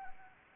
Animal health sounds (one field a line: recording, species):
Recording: mosquito wingbeat signal from an infrared sensor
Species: Anopheles gambiae